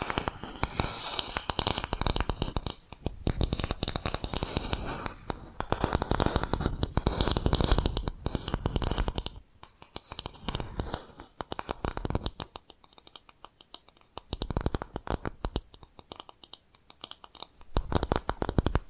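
ASMR tapping made of rapid, dense clicks and scratchy taps that crowd together into bright, crackly bursts. The busiest stretches come in the first half, then the tapping thins out with brief quieter pauses around ten, thirteen and sixteen seconds before picking up again.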